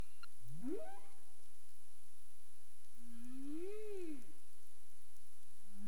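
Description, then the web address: Humpback whale song units: a steep rising whoop near the start, then a long arching moan that climbs and falls, and another low rising note beginning at the end. Caribbean underwater recording, 27 April 2035 at 22:47 UTC. "humpback whale 20350427 224731 UTC"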